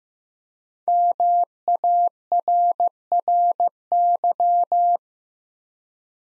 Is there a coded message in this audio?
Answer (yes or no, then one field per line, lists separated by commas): yes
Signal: Morse code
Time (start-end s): 0.9-5.0 s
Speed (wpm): 15 wpm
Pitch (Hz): 700 Hz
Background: none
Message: MARRY